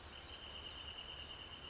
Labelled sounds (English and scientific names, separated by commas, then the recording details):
Wrentit (Chamaea fasciata)
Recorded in Sonoma County, California